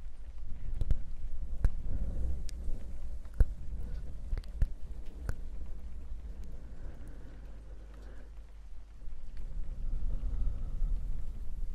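Brushing sounds and rain are heard, with a steady low rumble underneath. Sharp clicks and taps land irregularly in the first half, several between one and five and a half seconds, then the sound thins out before the low rumble swells again near the end.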